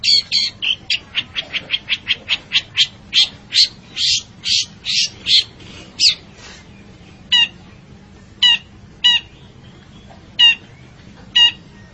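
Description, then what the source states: Long-tailed shrike song: a fast string of rasping notes that slows and stops, followed by sharp, spaced single chips every second or so. Described with the Indonesian bird-keeping term 'gacor', meaning the bird is singing loudly and actively.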